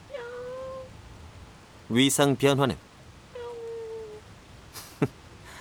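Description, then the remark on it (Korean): A stray-looking cat with dirty fur meows twice, soft, drawn-out, slightly falling cries, with a brief burst of a person talking between them and a sharp tap just after the second. “어이 고양이, 입자 가속은 할 수 있냐?”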